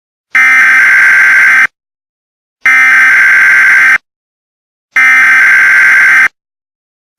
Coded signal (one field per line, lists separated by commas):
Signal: Emergency Alert System (SAME) tones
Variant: header bursts